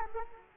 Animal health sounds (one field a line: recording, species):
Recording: mosquito wingbeat signal from an infrared sensor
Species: Culex quinquefasciatus